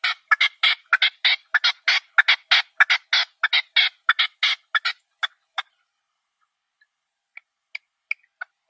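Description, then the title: Partridge song of rapid, rasping chuck notes repeated steadily for about five seconds, then trailing off into a few sparse, abrupt notes after a pause. "Perdiz Cantando"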